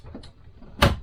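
A new insect screen is pressed into an RV window frame, and its plastic clips snap into place. A quiet faint tick comes at 0.2 s, then a sharp, loud broadband snap at 0.8 s as the screen seats home in the frame.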